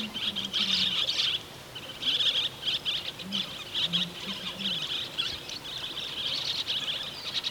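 Andean parakeet chatter, steady shrill trilled chirps in grouped bursts, with brief soft low warbling notes underneath.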